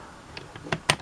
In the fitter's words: abgesunken die gefrierkammer das einrastet